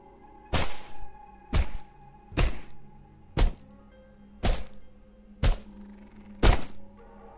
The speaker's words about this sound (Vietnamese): gặp đoạn khó, thằng Bảng vung dao chặt mạnh.